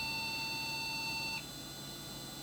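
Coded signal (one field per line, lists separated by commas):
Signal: beep code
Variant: Phoenix BIOS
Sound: one long steady electronic beep lasting about 1.4 seconds, then quiet hum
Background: faint electrical hum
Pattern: 1 long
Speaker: One long beep. And I think, if I'm not mistaken, this is Phoenix BIOS. So let's diagnose that beep code.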